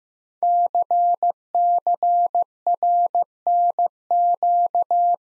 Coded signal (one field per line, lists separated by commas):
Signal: Morse code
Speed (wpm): 15 wpm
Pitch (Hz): 700 Hz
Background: none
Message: CCRNQ